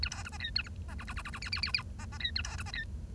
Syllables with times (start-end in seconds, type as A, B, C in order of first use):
0.02-0.09 A, 0.11-0.23 B, 0.25-0.29 C, 0.32-0.37 D, 0.40-0.50 E, 0.55-0.62 A, 0.64-0.69 F, 0.88-0.94 D, 0.98-1.04 G, 1.07-1.13 G, 1.16-1.22 G, 1.25-1.30 G, 1.33-1.39 G, 1.42-1.49 H, 1.52-1.61 H, 1.62-1.71 H, 1.74-1.82 H, 1.99-2.05 D, 2.12-2.17 D, 2.20-2.31 E, 2.35-2.42 A, 2.44-2.56 B, 2.58-2.63 C, 2.66-2.71 D, 2.73-2.84 E